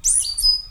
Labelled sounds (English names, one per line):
Stitchbird song